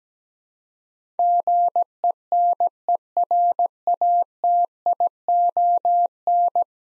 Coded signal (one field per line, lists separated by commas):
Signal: Morse code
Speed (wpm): 17 wpm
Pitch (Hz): 700 Hz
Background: none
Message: GENERATION